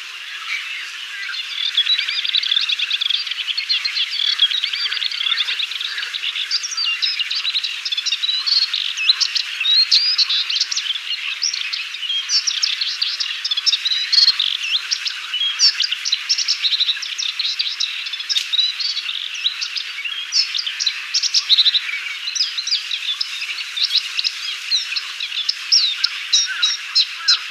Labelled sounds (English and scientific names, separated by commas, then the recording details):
Moustached Warbler (Acrocephalus melanopogon) song
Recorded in the wild
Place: Damtschik/Wolgadelta, RU
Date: 1995-05-14
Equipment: Dat-Recorder Casio DA 7, Telinga DAT, Telinga-Parabolspiegel
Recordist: Schwarz, Dieter